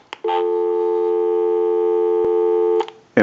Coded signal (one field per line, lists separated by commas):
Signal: telephone call progress tone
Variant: North America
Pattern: dial tone